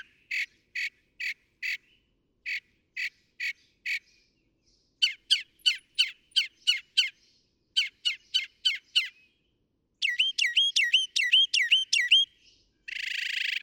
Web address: songs Northern Mockingbird